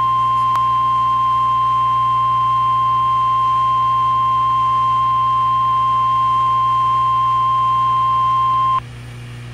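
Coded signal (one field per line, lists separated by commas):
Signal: Emergency Alert System (SAME) tones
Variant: 1050 Hz attention tone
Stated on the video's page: NOAA Weather Radio recordings from Cincinnati during historic Ohio Valley flooding, including flood warnings.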